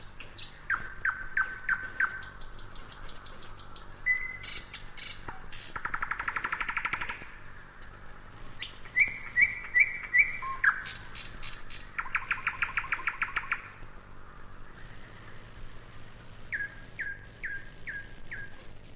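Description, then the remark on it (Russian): A nightingale sings alone in bushes on a warm, quiet evening, a rich, varied stream: quick repeated whistles, rapid clicking trills and buzzy rattling bursts, each phrase short and separated by brief pauses, loud and bright throughout. “Сначала тихо, потом погромче, потом погромче, потом разошелся, да как засвищет, защелкает, как пойдет сыпать дробным горохом. Тут уж всем стало ясно, что это соловей.”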